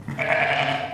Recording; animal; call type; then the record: contact call of a hoofed animal; sheep; low-frequency (closed-mouth) or high-frequency (open-mouth) call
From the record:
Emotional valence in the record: positive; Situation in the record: reunion with pen mate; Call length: 0.94 s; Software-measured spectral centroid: 1970 Hz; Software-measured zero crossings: 2430 a second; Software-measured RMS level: -24 dBFS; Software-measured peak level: -5 dBFS